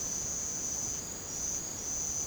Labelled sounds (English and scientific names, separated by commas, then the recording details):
none
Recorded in secondary vegetation near Puerto Asís, Putumayo, Colombia, on 18 December 2024 at 02:00
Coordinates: 0.489, -76.322
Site G059